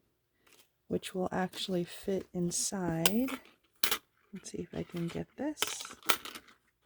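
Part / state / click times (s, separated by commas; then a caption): metal cutting die into plastic embossing folder / not seated / none. Someone talks while handling a thin metal frame cutting die over the recess of a plastic hybrid embossing folder, with a brief sharp tap at about 3.8 s. The die has not snapped into the folder by the end; nothing has seated yet.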